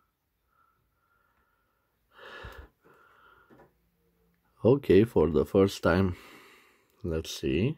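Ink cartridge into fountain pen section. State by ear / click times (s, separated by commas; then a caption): not seated / none. A plain plastic ink cartridge is lined up with the section of a CONCORDE Punto fountain pen, made in the Czech Republic, before being pushed in. Soft handling rustles and faint breathy sounds come first, then someone talks from about 4.6 seconds. The cartridge has not clicked or seated yet.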